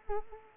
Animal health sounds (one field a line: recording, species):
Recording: mosquito wingbeat signal from an infrared sensor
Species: Culex quinquefasciatus